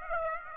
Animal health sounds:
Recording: mosquito wingbeat signal from an infrared sensor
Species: Aedes aegypti

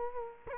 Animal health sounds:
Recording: mosquito wingbeat signal from an infrared sensor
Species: Culex quinquefasciatus

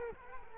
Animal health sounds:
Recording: mosquito wingbeat signal from an infrared sensor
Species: Culex quinquefasciatus

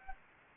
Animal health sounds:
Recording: mosquito wingbeat signal from an infrared sensor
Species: Anopheles gambiae

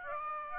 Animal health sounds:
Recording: mosquito wingbeat signal from an infrared sensor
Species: Aedes aegypti

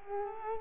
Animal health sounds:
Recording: mosquito wingbeat signal from an infrared sensor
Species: Culex quinquefasciatus

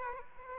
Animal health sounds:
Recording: mosquito wingbeat signal from an infrared sensor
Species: Aedes aegypti

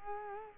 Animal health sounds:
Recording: mosquito wingbeat signal from an infrared sensor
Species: Culex quinquefasciatus

